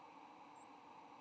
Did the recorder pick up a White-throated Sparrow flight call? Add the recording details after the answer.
no. Another species' flight call is heard. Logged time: 09:24 on 8 November 2014